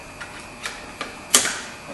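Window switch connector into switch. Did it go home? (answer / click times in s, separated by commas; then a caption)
yes / 1.4 s. A window switch electrical connector on a 2001-2005 Ford Explorer is pushed by hand into the switch. After faint ticks near 0.7 s and 1.0 s, a sharp, bright snap at 1.4 s marks the connector clicking in and seating.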